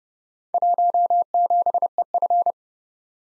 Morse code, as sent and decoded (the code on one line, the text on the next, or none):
.---- --... . ..-.
17EF